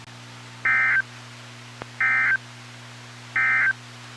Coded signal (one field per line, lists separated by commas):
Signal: Emergency Alert System (SAME) tones